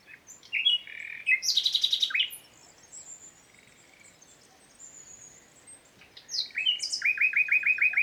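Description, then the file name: Common nightingale singing loud fast trills and harsh chirps, a quieter gap with soft whistles, then a run of evenly repeated notes. "Luscinia megarhynchos"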